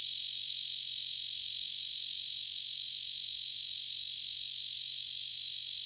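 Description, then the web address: Lyric cicada song, a steady, intense high-pitched buzz held at constant loudness throughout without a break. Recorded in North America. "Songs of Insects. Lyric Cicada"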